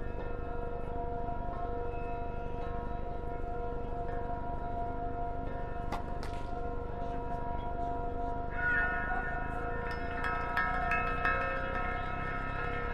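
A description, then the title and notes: Sounds from the US Open tennis championships: a steady crowd murmur under several constant humming tones that run through the whole recording. Sharp isolated knocks land around six seconds and again between ten and eleven seconds, with the bustle swelling slightly after nine seconds. Sounds of the US Open tennis championships.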